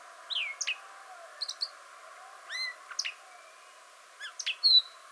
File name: Arabian Grosbeak